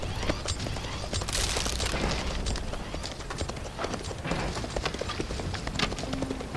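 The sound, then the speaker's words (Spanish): A horse drawing a cart clip-clops in a quick, steady stream of sharp knocks, loud and continuous over a dense, rumbling background noise, with no voices. “Desvié el caballo y un momento después volcaba el coche.”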